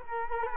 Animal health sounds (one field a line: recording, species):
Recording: mosquito wingbeat signal from an infrared sensor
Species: Culex quinquefasciatus